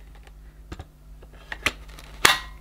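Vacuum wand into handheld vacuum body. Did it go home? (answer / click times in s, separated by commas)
yes / 2.2 s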